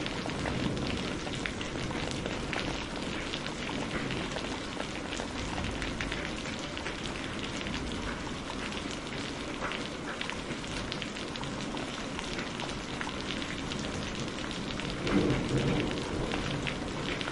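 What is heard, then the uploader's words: Spring rain pours down steadily, a dense, even hiss of drops spread from low to bright, with countless tiny patters ticking through it. A slight swell in loudness comes around fifteen seconds before the downpour settles back to its constant level. Spring Rain Storm.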